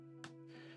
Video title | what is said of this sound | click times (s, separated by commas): How to make compost in ONE DAY! - Reencle Composter | And then it just clicks in place. | 0.2 s